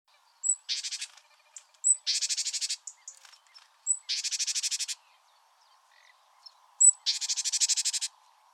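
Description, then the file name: Great tit scolding call: a thin high note, then a harsh buzzy churr of rapid pulses, given four times across the stretch. "Parus major"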